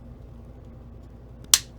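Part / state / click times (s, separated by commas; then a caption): plastic battery cover onto car key fob housing / seated / 1.5 s. A plastic inner battery cover is squeezed back over the coin battery in a Mazda car key fob housing and snaps into place with a single sharp click at 1.5 s, after a faint tick just before. The cover is seated, and all four corners should be checked to confirm they are snapped in.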